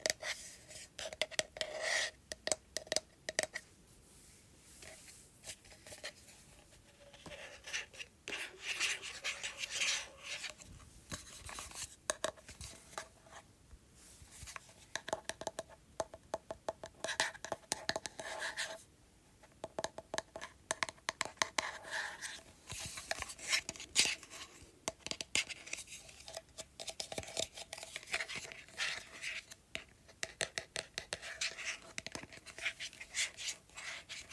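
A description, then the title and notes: Fingers tap and scratch on a plastic organizer. The light, bright clicks come in dense, irregular flurries through the whole half minute, with brief pauses around the fifth and nineteenth seconds. A faint low hum sits underneath. ASMR Tapping Plastic Organizer.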